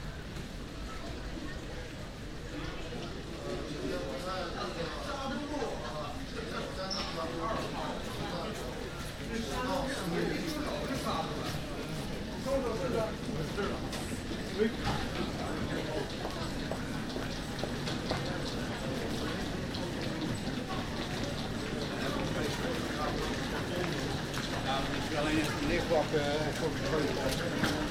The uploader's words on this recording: Schiphol Airport. Passengers and employees walking (in the corridor between 'Departures 2' and 'Departures 3').